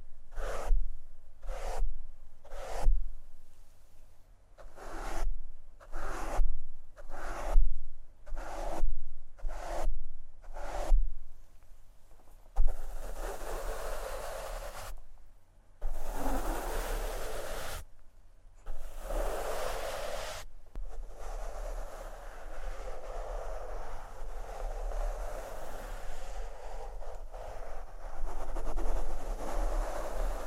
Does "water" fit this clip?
no